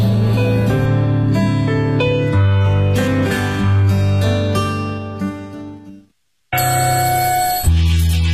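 A bright electronic alarm-clock melody plays loudly on its own, stepping through sustained synth notes, cutting out briefly for a moment before the tune starts up again.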